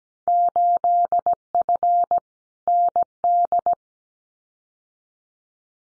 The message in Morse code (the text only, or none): 8F ND